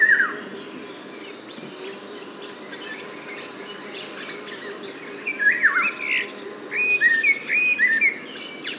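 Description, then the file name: Eurasian golden oriole giving fluting whistled phrases, a brief one at the start and louder ones in the latter half. "loriot"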